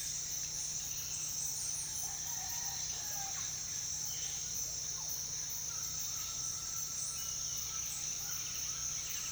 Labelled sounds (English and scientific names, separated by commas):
none